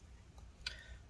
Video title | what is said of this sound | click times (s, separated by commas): DELL XPS 15 7590 Complete Disassembly RAM SSD Hard Drive Upgrade Battery Keyboard Replacement Repair | and then just push it down clicks into place really easily | 0.7 s